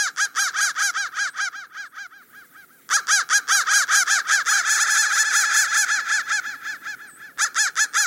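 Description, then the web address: Crow caws in fast, ragged series, a brief lull, then a dense overlapping stretch of harsh calls before another quick run. "soundfactory crow"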